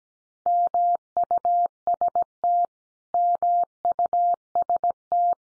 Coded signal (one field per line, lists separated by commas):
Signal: Morse code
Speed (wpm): 17 wpm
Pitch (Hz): 700 Hz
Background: none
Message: MUST MUST